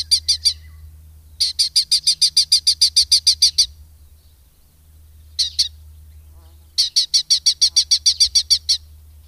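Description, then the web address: Red-footed falcon chattering calls: rapid series of high, sharp notes, given in bursts separated by pauses, over a low steady hum. "agykontroll Madardalok Cd 2. Kék vércse"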